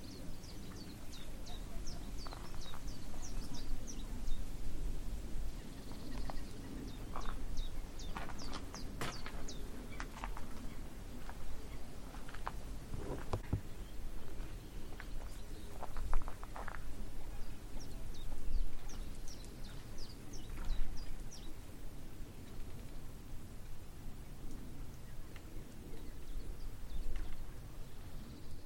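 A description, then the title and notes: Chiffchaffs and other birds call over a marsh, short bright chirps and repeated high notes scattered throughout, busiest in the first half. A steady low rumble runs underneath the whole time, with a few sharp clicks and knocks around the middle. Eerie birdcalls from the Avalon Marshes. Sun spills over the Avalon Marshes, driving away the last vestiges of winter. Chiffchaffs have arrived, bringing their flinty song two-note song to the reedbeds and willows. Recorded by Fergus Collins.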